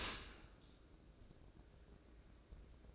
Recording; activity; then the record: daily activity, microphone in the room; open dishwasher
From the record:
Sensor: 2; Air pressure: 1012.2 hPa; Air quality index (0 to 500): 148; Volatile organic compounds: 2 ppm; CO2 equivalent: 1086 ppm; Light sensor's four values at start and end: 269/660/266/268 and 270/661/267/268